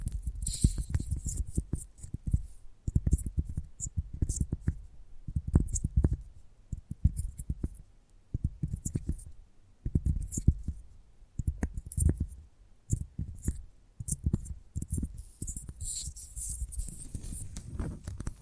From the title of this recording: ASMR Gentle Tapping